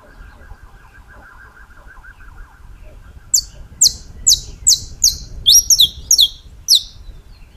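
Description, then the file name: Saffron finch bursting into high, sharp chirps after a quiet start with a faint pulsing tone, the notes quickening into doubled bursts. "Canto-do-Canário-da-Terra"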